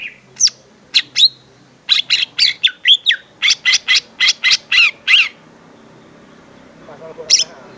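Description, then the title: Greater green leafbird song: a few sharp notes, then a rapid, even run of about a dozen buzzy, chipping notes, then quiet and one final high note. "Kicau Burung Cucak Ijo"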